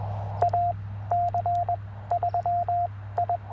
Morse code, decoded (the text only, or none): AC3I